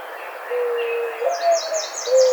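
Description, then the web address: Mourning dove coo: a long low hum-like note, a brief upward lift, then further soft coos, as a songbird chirps rapid descending notes. Recorded on 5 May 2009. "Mourning Dove 2009 05 05"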